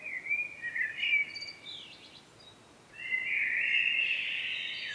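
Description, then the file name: Common blackbird giving a fluted whistled phrase with a squeaky high tail, a short pause, then a second rich, sustained warble. "Turdus merula"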